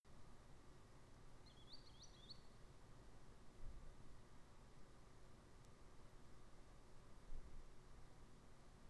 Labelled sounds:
Green Sandpiper
unidentified sound
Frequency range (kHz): Green Sandpiper 3.0-8.8 kHz
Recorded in France

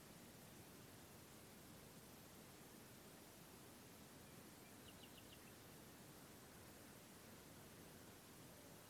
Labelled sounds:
Common Nightingale
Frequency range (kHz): Common Nightingale 2.3-4.2 kHz
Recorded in France

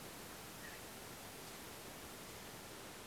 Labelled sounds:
Common Quail
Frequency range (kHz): Common Quail 1.7-2.4 kHz
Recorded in France

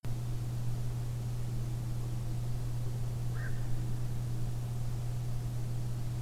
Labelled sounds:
Black-crowned Night-Heron
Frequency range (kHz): Black-crowned Night-Heron 1.2-1.9 kHz
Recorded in France

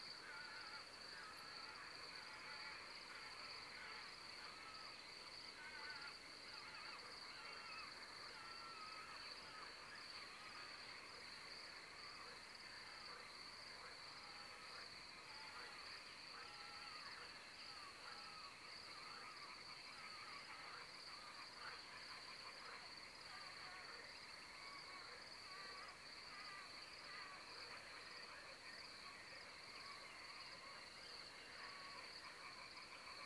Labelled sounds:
Carrion Crow
bat
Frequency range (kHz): Carrion Crow 0.4-3.5 kHz
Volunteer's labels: Corvus corone alarme; Autre biophonie chiroptere
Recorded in France

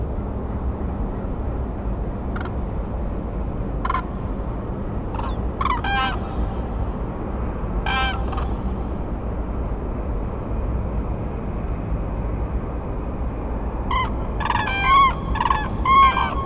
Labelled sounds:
Common Crane
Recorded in France

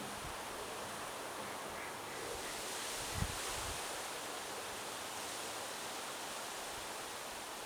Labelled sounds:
Mallard
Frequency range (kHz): Mallard 1.6-2.3 kHz
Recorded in France

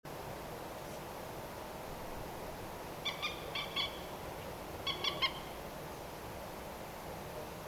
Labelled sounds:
Common Moorhen
unidentified sound
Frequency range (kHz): Common Moorhen 1.0-7.3 kHz
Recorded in France

